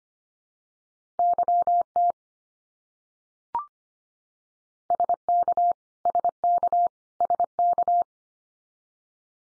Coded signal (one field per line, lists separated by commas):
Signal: Morse code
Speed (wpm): 25 wpm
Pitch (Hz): 700 Hz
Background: none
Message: YT SK SK SK